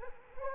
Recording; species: mosquito wingbeat signal from an infrared sensor; Culex quinquefasciatus